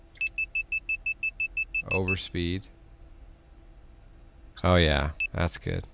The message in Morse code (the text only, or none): none